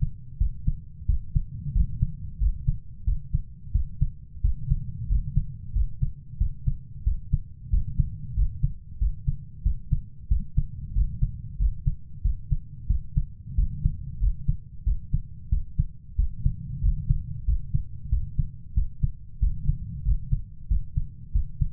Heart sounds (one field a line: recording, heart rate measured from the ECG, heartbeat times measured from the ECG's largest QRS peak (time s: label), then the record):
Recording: heart sounds by stethoscope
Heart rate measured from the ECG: 92 bpm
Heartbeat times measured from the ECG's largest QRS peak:
0.41 s: heartbeat
1.09 s: heartbeat
1.75 s: heartbeat
2.41 s: heartbeat
3.07 s: heartbeat
3.75 s: heartbeat
4.44 s: heartbeat
5.10 s: heartbeat
5.76 s: heartbeat
6.40 s: heartbeat
7.06 s: heartbeat
7.73 s: heartbeat
8.37 s: heartbeat
9.01 s: heartbeat
9.65 s: heartbeat
10.31 s: heartbeat
10.96 s: heartbeat
11.60 s: heartbeat
12.25 s: heartbeat
12.90 s: heartbeat
13.58 s: heartbeat
14.22 s: heartbeat
14.87 s: heartbeat
15.52 s: heartbeat
16.19 s: heartbeat
16.84 s: heartbeat
17.48 s: heartbeat
18.12 s: heartbeat
18.77 s: heartbeat
19.42 s: heartbeat
20.06 s: heartbeat
20.71 s: heartbeat
21.35 s: heartbeat
From the record:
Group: healthy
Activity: rest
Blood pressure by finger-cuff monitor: 140/70 mmHg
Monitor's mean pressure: 90 mmHg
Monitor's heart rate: 92 bpm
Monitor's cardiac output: 8.4 L/min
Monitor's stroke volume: 92 mL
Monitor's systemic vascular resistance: 800 dyn s/cm5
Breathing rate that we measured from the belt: 20 breaths a minute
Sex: male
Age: 21 years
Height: 175 cm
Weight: 72.6 kg